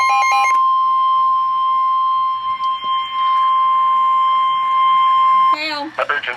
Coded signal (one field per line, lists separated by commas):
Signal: Emergency Alert System (SAME) tones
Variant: 1050 Hz attention tone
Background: speech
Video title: Severe Thunderstorm Warning (EAS #23)